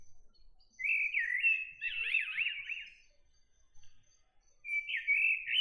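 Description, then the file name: Common blackbird song: a flowing whistled phrase with a rapid wavering trill in the middle, then a second warbled phrase begins after a pause. "Turdus merula"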